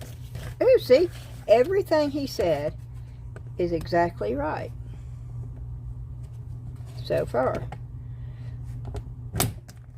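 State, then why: Seated. A plastic side piece is pressed into a plastic frame while someone talks. A sharp click is heard at 9.7 seconds as it seats home.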